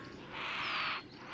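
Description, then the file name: Heron giving a harsh call, one rasping, noisy squawk over faint background hiss. Recorded at a heronry in June 2008. "2008-06 heronry"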